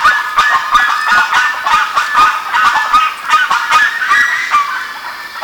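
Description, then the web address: Birds calling in a dense flock, harsh honking notes overlapping rapidly and continuously, several birds at once with no pause. "BIRD 2015 SABIOD 50 bird 2015"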